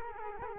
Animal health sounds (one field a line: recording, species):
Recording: mosquito wingbeat signal from an infrared sensor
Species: Culex quinquefasciatus